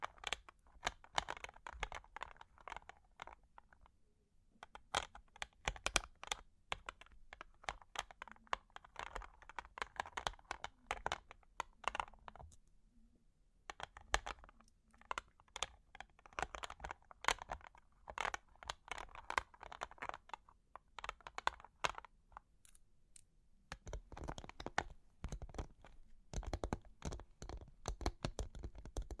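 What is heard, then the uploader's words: Long claws tap and scratch in dense, rapid bursts of sharp clicks, bright and dry, running almost continuously. The clicking pauses briefly around 4 seconds, near 13 to 14 seconds, and again around 21 to 24 seconds before resuming busily to the end. Long Claws Tapping and Scratching (No Talking).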